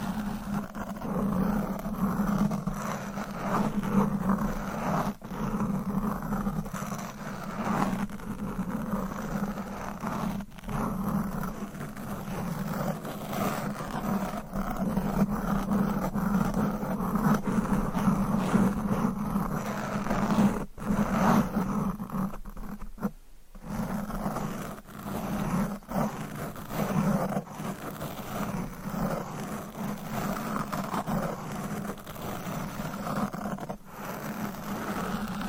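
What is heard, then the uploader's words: Deep mic scratching runs almost without pause, a dense, rough rasping with a strong low hum-like body and a scratchy upper layer. The rubbing keeps a steady, fast rhythm, broken by brief dropouts near 5, 10, 20 and 23 seconds. No talking is heard. ASMR Deep Mic Scratching - Brain Scratching Brain Melting Asmr No Talking for Sleep Long Nails.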